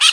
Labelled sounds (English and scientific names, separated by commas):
Brown-throated Parakeet (Eupsittula pertinax) contact call